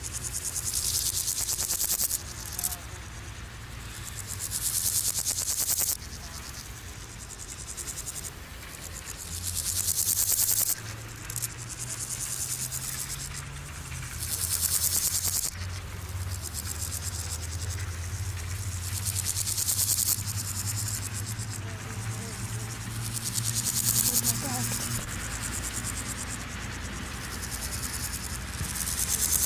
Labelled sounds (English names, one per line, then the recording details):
Meadow Grasshopper stridulation
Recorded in the wild
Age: imago
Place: Rappelsdorf (b. Schleusingen), Thüringen, DE
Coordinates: 50.5, 10.7167
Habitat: wet meadow
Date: 1987-08-22 13:40
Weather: sunny, 24,7°C in the shade, 28,7°C in the sun
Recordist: Tembrock, Günter
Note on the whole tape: Von Tembrock als Chorthippus longicornis bezeichnet. Feuchtwiese. Stridulation